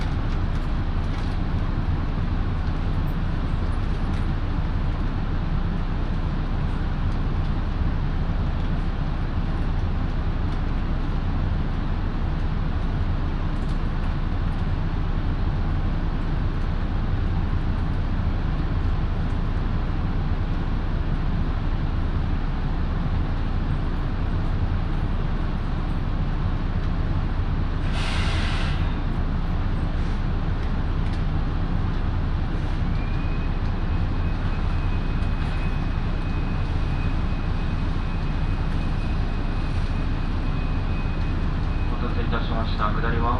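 A local train on the Minobu Line, running from Minobu toward Ichikawa-Daimon, with a steady, dense, low rumble of wheels and motor throughout. A short bright hiss bursts out around 28 seconds, and a faint thin whine holds from about 33 seconds on.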